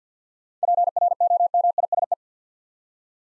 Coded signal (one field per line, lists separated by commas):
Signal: Morse code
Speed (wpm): 47 wpm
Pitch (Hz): 700 Hz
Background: none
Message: PROMISE